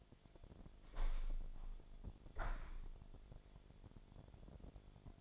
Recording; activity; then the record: daily activity, microphone in the room; open window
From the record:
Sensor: 5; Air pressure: 1006.5 hPa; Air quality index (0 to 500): 186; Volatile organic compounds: 5 ppm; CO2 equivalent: 1767 ppm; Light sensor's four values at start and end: 56/160/62/63 and 56/160/62/63